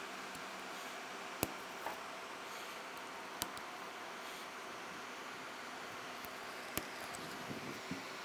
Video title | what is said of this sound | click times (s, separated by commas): How to Replace Front Lower Ball Joint 2003-2011 Honda Element | right so you can see it's not fully Seated on here just keep working it | 1.4 s, 3.4 s, 6.8 s